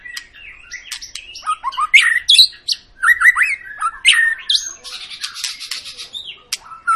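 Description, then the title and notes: White-rumped shama song: a dense run of fluty whistles and clicks, then a long harsh rasping buzz near the end, with a final clear whistle. Long lure song of an energetically singing white-rumped shama, used to provoke other birds to sing. "Pancingan Murai Batu Gacor Panjang. muraiku"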